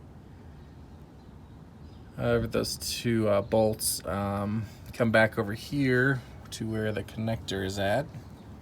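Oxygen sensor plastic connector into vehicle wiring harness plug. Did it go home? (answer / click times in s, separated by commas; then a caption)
no / none. A man talks while handling the plastic wiring connector of an oxygen sensor being reinstalled on a 2002 4Runner during a P1135 fault repair, bringing it over to the vehicle wiring harness plug. Only speech is heard over a low background hum, with no distinct click or impact. The connector has not yet been pushed into the plug, and nothing has seated or clicked yet.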